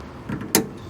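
A plastic retaining clip on a fuel line quick-connect coupling is pressed back in after the fuel pipe has been pushed onto an in-line fuel filter; the clip only goes in once the pipe has passed the lip. A softer rustle around 0.3 s is followed by a sharp, loud click at 0.6 s as the clip pushes home and the coupling is seated.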